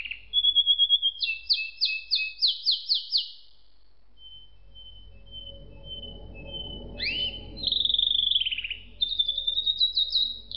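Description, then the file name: Canary singing bursts of rapid trilled notes, a sustained thin whistle, then sweeping rolls and quick repeated chips, with low hum beneath. "suara kenari makige"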